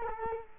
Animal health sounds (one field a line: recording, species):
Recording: mosquito wingbeat signal from an infrared sensor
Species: Culex quinquefasciatus